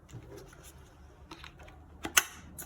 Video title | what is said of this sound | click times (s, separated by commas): Respirator Overview 3M Secure Click and Quick Latch | simply line up the cartridge and push and you'll hear a click | 2.2 s